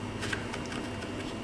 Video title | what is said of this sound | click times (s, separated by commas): The Hunt For The Fix - '15 Chevy Colorado No Com With ABS Module | Okay, that's clicked back in. | 0.3 s